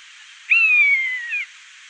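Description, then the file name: Common buzzard calling once: a long plaintive whistled mew that slowly falls in pitch over about a second, ending with a brief higher flick. "Ormvrak"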